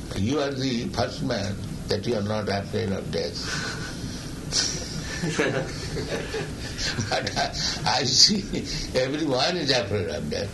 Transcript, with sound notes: You are the first man that you are not afraid of death, [devotees laugh] but I see everyone is afraid of death.